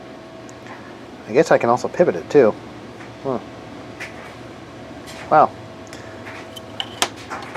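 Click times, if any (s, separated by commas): 6.8 s, 7.0 s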